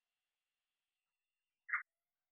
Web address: Agalychnis callidryas